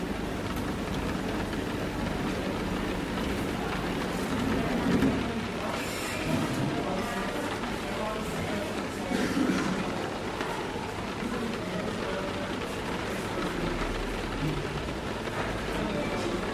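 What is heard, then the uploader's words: Steady rain and a low, dense murmur of café chatter fill the room, with faint clinks near five and nine seconds. Rain patters on the window, people chatter quietly at their tables, and cups filled with warm coffee clink behind the bar. Rainy Day Coffee Shop Ambience.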